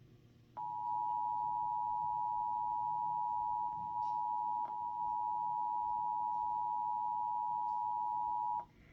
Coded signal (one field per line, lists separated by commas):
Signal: Emergency Alert System (SAME) tones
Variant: 853 and 960 Hz attention tone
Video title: Flash Flood Warning Extension from KBCA 41.1 in Alexandria, LA | EAS # 128